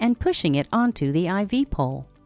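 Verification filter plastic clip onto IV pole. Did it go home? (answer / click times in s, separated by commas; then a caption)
no / none. The hard gray plastic clip of a dialysis verification filter is grasped and pushed onto a metal IV pole while someone talks over faint background music. Nothing has seated or clicked yet; the clip is still being pushed toward the pole.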